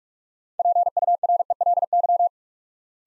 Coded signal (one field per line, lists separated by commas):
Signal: Morse code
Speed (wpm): 44 wpm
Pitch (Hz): 700 Hz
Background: none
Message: PURELY